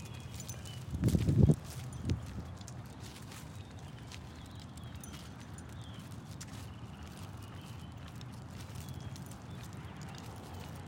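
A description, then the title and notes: A dog shakes its harness during a night walk through a neighborhood, with a loud jingling rattle around one to one and a half seconds and a smaller one near two seconds. Afterward only a steady low outdoor hum remains, with faint scattered ticks. Walking the dog at night through my neighborhood in Phoenix Arizona. Join me and my dog on a cool evening walk around our neighborhood. You’ll hear her shaking her harness every now and then.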